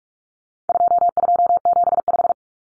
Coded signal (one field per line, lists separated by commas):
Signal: Morse code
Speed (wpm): 44 wpm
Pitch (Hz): 700 Hz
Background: none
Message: 2275